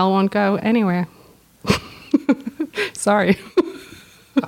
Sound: chuckle